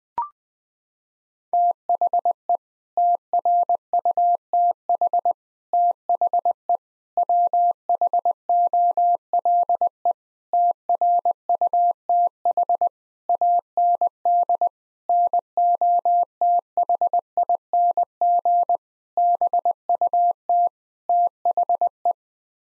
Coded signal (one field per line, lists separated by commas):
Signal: Morse code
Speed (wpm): 20 wpm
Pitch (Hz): 700 Hz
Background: none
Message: THE TRUTH THE WHOLE TRUTH AND NOTHING BUT THE